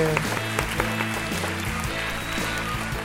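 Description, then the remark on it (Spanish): Steady applause from a group for studio guests from the No Más AFP coordinating group fills the whole three seconds, a dense patter of claps at a fairly even level, with a low tonal background sound running underneath. “Un aplauso, por favor.”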